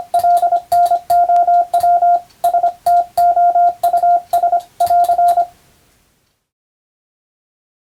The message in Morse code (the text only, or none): LNOW STOUS <AR>